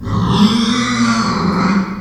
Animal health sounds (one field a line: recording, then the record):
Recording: squeal of a Yucatan mini pig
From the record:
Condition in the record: after surgery on the right vocal fold (resection and tissue-engineered implant)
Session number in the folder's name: 16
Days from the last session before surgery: 183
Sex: female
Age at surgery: 19 weeks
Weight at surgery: 25 kg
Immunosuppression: prednisolone